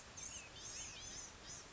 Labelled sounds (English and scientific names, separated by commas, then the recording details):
Blue-gray Gnatcatcher (Polioptila caerulea)
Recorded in Sonoma County, California